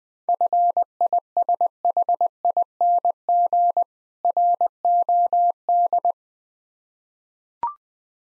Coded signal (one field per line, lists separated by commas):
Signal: Morse code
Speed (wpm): 20 wpm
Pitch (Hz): 700 Hz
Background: none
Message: FISHING ROD